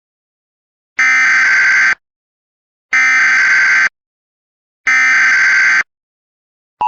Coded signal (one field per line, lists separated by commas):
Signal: Emergency Alert System (SAME) tones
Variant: header bursts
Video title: EAS Recreation (03/28/21): Spokane Dust Storm Warning